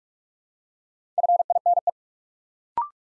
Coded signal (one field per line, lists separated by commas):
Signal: Morse code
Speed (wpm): 44 wpm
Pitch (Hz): 700 Hz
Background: none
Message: FINE